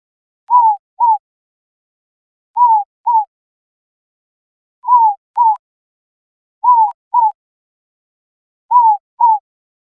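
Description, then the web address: Bird calling with paired, clear, slightly downslurred whistled notes, each pair repeated about every two seconds, five pairs, no other sounds. "birdvocals"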